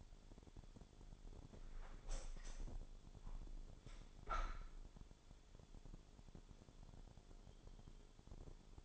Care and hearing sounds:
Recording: daily activity, microphone in the room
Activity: open window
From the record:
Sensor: 5

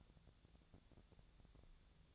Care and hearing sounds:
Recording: daily activity, microphone in the room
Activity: take from stove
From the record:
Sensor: 3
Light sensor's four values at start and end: 7/17/7/6 and 7/17/7/6

